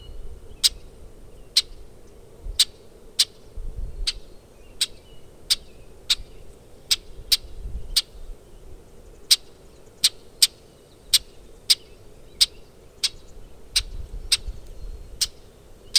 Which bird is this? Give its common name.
Brewer's Blackbird